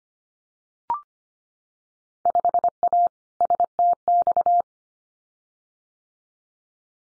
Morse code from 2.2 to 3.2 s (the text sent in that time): 5A